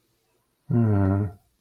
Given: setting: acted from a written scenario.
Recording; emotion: vocal sound without words; sympathy